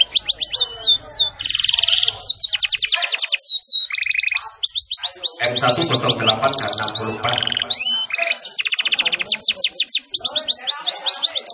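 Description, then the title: Canary song, a long varied run of rapid trills, buzzy rolls and sharp whistled upslurs, with a brief harsher lower-pitched burst in the middle. Canary singing a long, persistent rolling song. "Kicau Kenari GACOR NGOTOT ROLL PANJANG"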